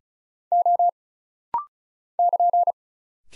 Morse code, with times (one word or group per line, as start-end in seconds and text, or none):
0.5-0.9 O
2.2-2.7 <KN>